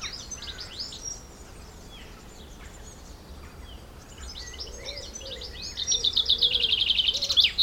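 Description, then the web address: Bird song: scattered high chirps and whistles, building into a loud, rapid, high trill in the final two seconds. Countryside birds. "Tom Hutchings Birds Country"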